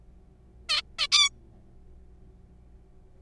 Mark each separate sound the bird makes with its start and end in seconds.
0.69-0.81, 0.99-1.07, 1.12-1.29